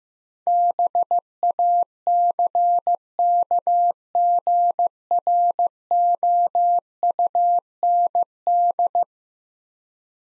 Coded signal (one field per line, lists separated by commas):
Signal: Morse code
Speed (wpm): 15 wpm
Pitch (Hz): 700 Hz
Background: none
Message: BACKGROUND